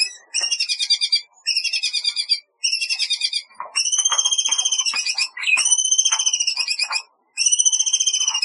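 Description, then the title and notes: Long-tailed shrike singing high buzzy trilled phrases, repeated with short pauses. "Kicau Burung Cendet"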